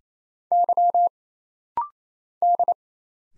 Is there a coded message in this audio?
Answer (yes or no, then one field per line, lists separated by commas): yes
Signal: Morse code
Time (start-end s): 0.5-2.7 s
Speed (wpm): 29 wpm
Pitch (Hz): 700 Hz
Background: none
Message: Y D